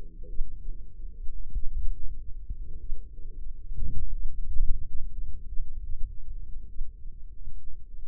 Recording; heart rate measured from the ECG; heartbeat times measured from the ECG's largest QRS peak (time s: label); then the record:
heart sounds by microphone in the left ear; 47 bpm
0.29 s: heartbeat
1.53 s: heartbeat
2.80 s: heartbeat
4.13 s: heartbeat
5.47 s: heartbeat
6.68 s: heartbeat
7.98 s: heartbeat
From the record:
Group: healthy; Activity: rest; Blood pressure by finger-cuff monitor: 117/65 mmHg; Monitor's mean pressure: 80 mmHg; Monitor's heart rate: 47 bpm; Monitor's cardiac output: 4.6 L/min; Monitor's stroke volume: 100 mL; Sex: female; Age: 36 years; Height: 163 cm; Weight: 88 kg